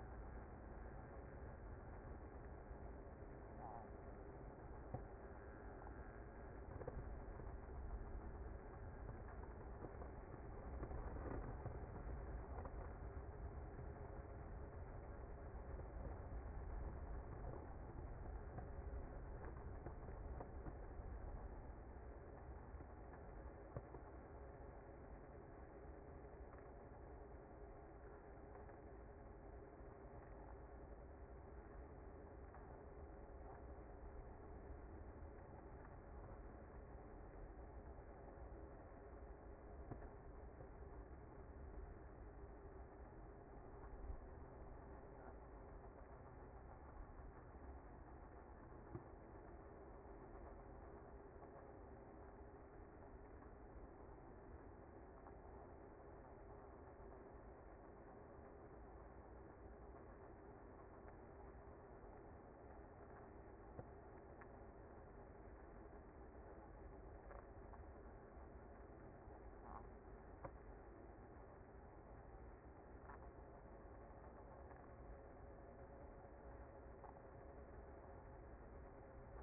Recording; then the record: honeybee colony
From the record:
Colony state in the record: active